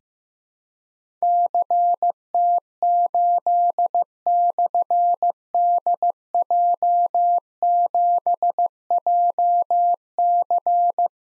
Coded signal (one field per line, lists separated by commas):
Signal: Morse code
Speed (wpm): 15 wpm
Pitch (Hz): 700 Hz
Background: none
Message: CT8/DJ7JC